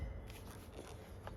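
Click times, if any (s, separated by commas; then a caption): none. A metal retaining clip on the ball socket of a Volvo XC60 tailgate gas strut is being worked into place, hooked on one side and pried with a screwdriver. Faint scrapes and small taps sound over a low background rumble. Nothing has seated or clicked yet.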